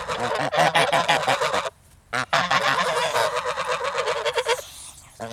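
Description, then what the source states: Goose: geese hissing and honking, long harsh breathy hisses mixed with rapid cackling honks from several birds, broken by two short pauses. Several angry geese hissing and shouting, recorded close.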